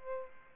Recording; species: mosquito wingbeat signal from an infrared sensor; Aedes albopictus